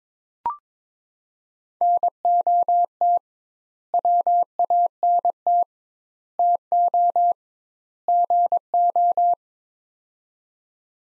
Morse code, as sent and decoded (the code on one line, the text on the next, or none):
-. --- - / .-- .- -. - / - --- / --. ---
NOT WANT TO GO